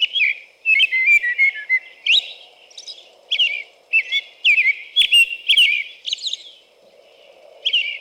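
American robin in steady song: many quick whistled phrases tumbling one after another, with high thin squeaks mixed in.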